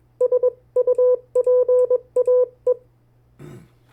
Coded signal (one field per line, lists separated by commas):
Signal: Morse code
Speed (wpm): 21 wpm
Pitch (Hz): 500 Hz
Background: none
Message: S UPAE